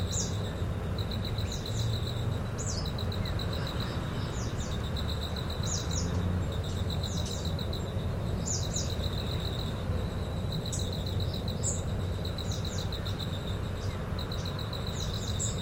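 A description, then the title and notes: Birds call repeatedly across the jungle, with high chirps and trills returning every second or so over a steady bed of insect buzzing. Underneath, a constant low rumble of distant road traffic and surf fills the background without pause. Recorded by Stéphane Marin/Espaces Sonores.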